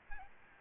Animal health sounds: mosquito wingbeat signal from an infrared sensor; Aedes albopictus

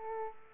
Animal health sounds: mosquito wingbeat signal from an infrared sensor; Aedes aegypti

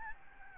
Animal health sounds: mosquito wingbeat signal from an infrared sensor; Aedes albopictus

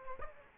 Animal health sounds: mosquito wingbeat signal from an infrared sensor; Aedes aegypti

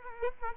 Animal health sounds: mosquito wingbeat signal from an infrared sensor; Culex quinquefasciatus

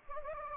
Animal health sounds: mosquito wingbeat signal from an infrared sensor; Anopheles gambiae

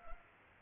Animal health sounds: mosquito wingbeat signal from an infrared sensor; Culex quinquefasciatus

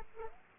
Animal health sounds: mosquito wingbeat signal from an infrared sensor; Aedes aegypti

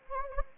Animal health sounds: mosquito wingbeat signal from an infrared sensor; Anopheles gambiae

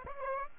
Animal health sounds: mosquito wingbeat signal from an infrared sensor; Aedes aegypti

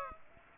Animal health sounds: mosquito wingbeat signal from an infrared sensor; Aedes aegypti

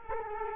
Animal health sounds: mosquito wingbeat signal from an infrared sensor; Culex quinquefasciatus

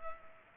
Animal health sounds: mosquito wingbeat signal from an infrared sensor; Culex pipiens

